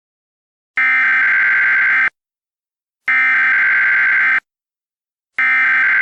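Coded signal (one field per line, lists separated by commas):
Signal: Emergency Alert System (SAME) tones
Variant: header bursts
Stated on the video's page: Fictional EAS scenario.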